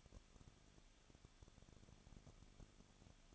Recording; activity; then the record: daily activity, microphone in the room; no activity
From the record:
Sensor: 4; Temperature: 23.0 degrees Celsius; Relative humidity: 34.4%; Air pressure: 1007.2 hPa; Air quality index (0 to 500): 216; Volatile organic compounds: 15 ppm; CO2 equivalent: 2502 ppm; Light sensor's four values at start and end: 2/3/1/1 and 2/3/1/1